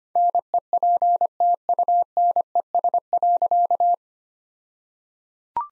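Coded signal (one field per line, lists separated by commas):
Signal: Morse code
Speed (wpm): 25 wpm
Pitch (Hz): 700 Hz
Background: none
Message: NEPTUNES.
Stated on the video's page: Morse practice set at 25 wpm using jokes for contextual priming.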